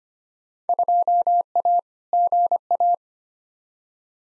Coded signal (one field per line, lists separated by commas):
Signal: Morse code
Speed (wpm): 25 wpm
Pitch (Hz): 700 Hz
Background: none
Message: 2A GA